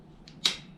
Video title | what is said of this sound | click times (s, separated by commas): XS1B Part 7. Rear Tire, swing arm bushings and other stuff. | And that's it. Snaps right in there. Just like that. | 0.5 s